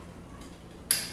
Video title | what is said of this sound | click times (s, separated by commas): Conhecendo a PCP Caçadora - #2 Breech, Mola, Martelo e Ajustes | Primeiro clique, que é o primeiro estágio, segundo clique, que é o segundo estágio. | 0.9 s